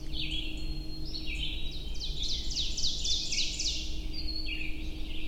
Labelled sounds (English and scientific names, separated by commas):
Ovenbird (Seiurus aurocapilla) song